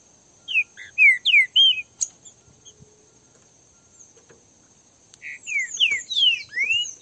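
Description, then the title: Green-winged saltator singing clear whistled phrases that swoop up and down, in two bursts split by a quiet gap, with a constant high-pitched whine behind them. Pair of free wild birds in a song dispute. "Canto De Trinca Ferro. LINDA DISPUTA com casal de trinca ferro solto"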